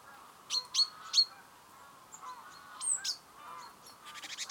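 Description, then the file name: Great tit calls: a few sharp, high clipped notes, then thin slurred notes and a short buzzy burst at the end, over background noise. "Parus major"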